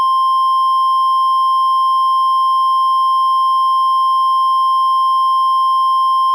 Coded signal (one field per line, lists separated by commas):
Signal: Emergency Alert System (SAME) tones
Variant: 1050 Hz attention tone